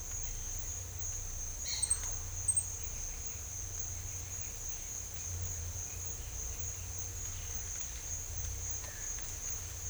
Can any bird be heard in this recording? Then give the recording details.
no. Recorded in secondary vegetation near Puerto Asís, Putumayo, Colombia, on 21 December 2024 at 10:30. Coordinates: 0.498, -76.327. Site GP07